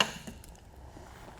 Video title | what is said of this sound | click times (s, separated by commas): How To: Apollo Forge Build | you do is flip that ball valve shut pop it off and now your hose goes away | 0.0 s